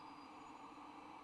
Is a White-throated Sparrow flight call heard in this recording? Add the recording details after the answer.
no. No flight call is heard. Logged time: 00:04 on 26 November 2014